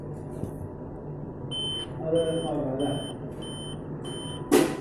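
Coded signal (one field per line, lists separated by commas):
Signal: beep code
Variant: Dell laptop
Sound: five short high beeps, evenly spaced, then a sudden loud rustle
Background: background talk, room noise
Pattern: 5 short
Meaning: Five beeps on a Dell laptop indicate a real-time clock (CMOS battery) failure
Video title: Dell Laptop 5 Beep Sound | How to fix Dell Laptop Beep 5 Times | Dell Beep Sound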